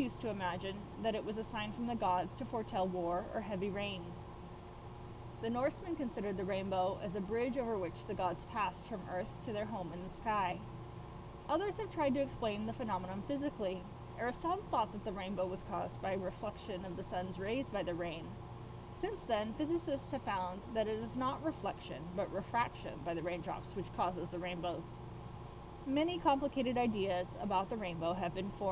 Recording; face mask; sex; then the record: reading aloud; surgical mask; female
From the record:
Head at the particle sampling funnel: not facing it